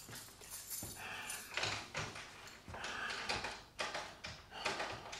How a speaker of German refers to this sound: Was ist los? Der Schlüssel passt nicht. Also nochmal 4 Treppen, nur weil Sie die Schlüssel nicht auseinanderhalten können.